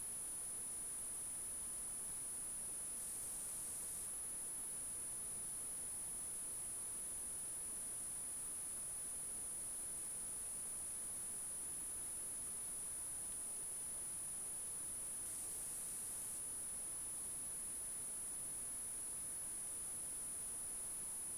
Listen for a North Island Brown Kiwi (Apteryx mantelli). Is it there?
no